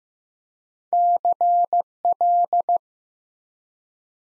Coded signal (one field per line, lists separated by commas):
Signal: Morse code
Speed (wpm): 15 wpm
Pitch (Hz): 700 Hz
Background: none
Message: CL